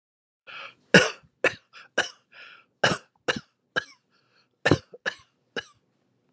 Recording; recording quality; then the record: shallow voluntary cough; excellent, no background noise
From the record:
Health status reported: exposed to COVID-19, no respiratory illness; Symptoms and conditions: fatigue, hypertension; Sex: male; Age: 66 years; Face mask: not worn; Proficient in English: yes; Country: United States